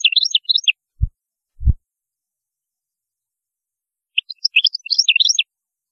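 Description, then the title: European goldfinch song: rapid twittering notes at the start and end, with two low thumps in between. "Chant Chardonneret"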